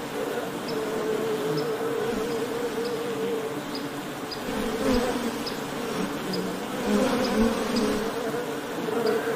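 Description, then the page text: Honey bees giving a continuous droning buzz, overlapping wingbeat hums rising and falling, with faint short high ticks now and then. Ambient honey bee wing-buzz sound, presented as ASMR background sound for work and sleep. "【環境音・ASMR】ミツバチの羽音3分｜ Honey Bees Sound【作業用・睡眠用BGM】"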